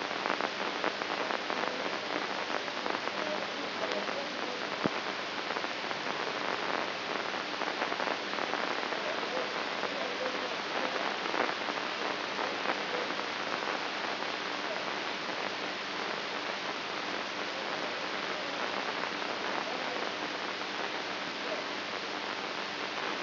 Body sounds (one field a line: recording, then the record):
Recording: brain microelectrode recording played as sound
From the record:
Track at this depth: inside the subthalamic nucleus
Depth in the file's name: 4.515 mm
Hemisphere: right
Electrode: 2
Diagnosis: Parkinson's disease